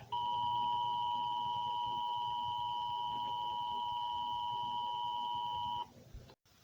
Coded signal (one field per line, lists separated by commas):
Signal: Emergency Alert System (SAME) tones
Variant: 853 and 960 Hz attention tone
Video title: May 3 1999 (historical eas Scenario)